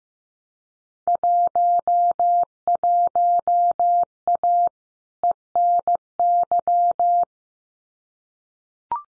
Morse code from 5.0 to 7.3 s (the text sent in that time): ENY